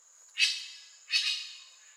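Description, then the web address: Grey-winged trumpeter giving two rasping, noisy squawks about three quarters of a second apart, with a thin steady high tone behind. "Grey winged trumpeter. صدای-پرنده-شیپورزن-بال-خاکستری"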